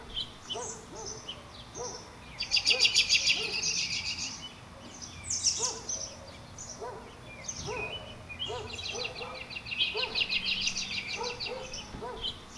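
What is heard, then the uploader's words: Birds chirp and trill busily outdoors, bright rapid bursts around three and ten seconds over soft lower calls and a faint steady background hum. Birds at the Dog Park.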